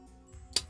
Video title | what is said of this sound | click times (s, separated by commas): Transformers WFC Earthrise Battlechargers Runabout & Runamuck Review | push it until you hear a click and then you know that leg because you can hold it by that doesn't come on tab is locked | 0.6 s